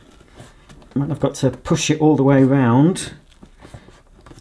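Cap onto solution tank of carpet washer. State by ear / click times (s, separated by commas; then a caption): seated / 4.3 s. An orange plastic cap, a tight fit, is pushed all the way around the top of the solution tank on a Vax HF1400 combined upright vacuum cleaner and carpet washer while someone talks. Faint handling taps follow, and the cap clicks into place at 4.3 s, firmly seated.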